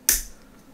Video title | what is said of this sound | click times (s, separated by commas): Stellan Gios Legacy Lightsaber Limited Edition Box Set Review | And honestly, it gives a really nice, solid click to put it in place. | 0.1 s